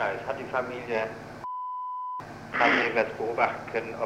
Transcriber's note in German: Befragter 1 räuspert